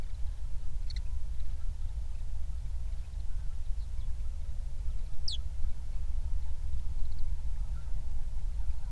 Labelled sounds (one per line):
songbird
waterfowl
wind